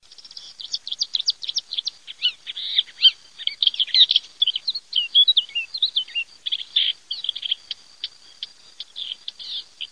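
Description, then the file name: Lesser grey shrike giving a fast, busy run of chattering, squeaky and scratchy notes, jumbled and varied, continuing without pause through the whole stretch. "AVERLACENERINA"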